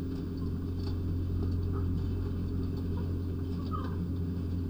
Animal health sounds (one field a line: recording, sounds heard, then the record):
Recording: poultry house recording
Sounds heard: sick chickens (respiratory disease)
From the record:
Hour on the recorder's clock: 1